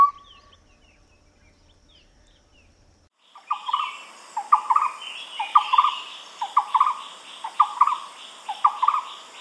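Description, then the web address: Barbet calls start after a few quiet seconds, then repeated low hollow phrases roughly every second with higher bird chatter around them. "animal-sound barbet-sound"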